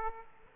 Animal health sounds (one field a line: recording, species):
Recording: mosquito wingbeat signal from an infrared sensor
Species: Aedes aegypti